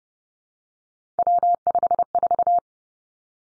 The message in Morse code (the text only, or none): W54